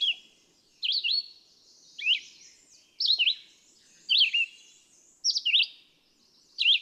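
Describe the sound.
Red-eyed vireo song: short slurred whistled phrases, each rising or falling, delivered about once a second with brief pauses between, no other sounds.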